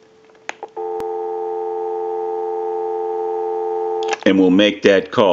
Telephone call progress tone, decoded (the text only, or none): dial tone